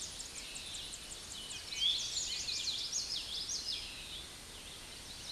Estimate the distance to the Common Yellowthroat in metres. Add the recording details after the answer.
about 30 m. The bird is about 5 m above the microphone. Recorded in a Pennsylvania forest on 16 May 2024 at 07:18. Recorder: AudioMoth, point MSD-2453. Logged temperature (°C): 16.3 °C. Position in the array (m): 240 m, 170 m